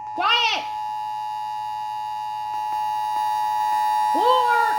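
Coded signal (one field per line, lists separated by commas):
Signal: Emergency Alert System (SAME) tones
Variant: 853 and 960 Hz attention tone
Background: speech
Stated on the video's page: Canceled Blue Alert aired on two FM stations.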